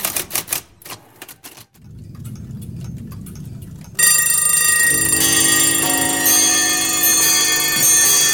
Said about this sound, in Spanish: Volví en sí ante el despertador en su segunda alarma.